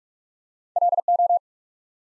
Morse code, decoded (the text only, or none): LO